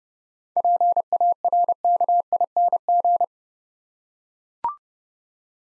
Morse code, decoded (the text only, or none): PARKING